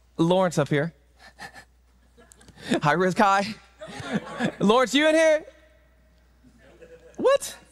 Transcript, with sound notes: Lawrence up here. High risk high. [laughter] Lawrence, you in here? What